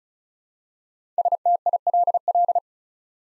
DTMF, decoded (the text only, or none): none